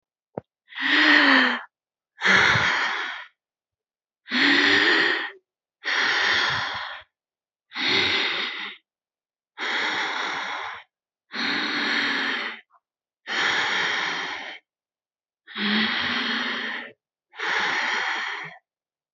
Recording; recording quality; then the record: deep breathing; excellent, no background noise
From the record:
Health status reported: healthy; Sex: female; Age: 27 years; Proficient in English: yes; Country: India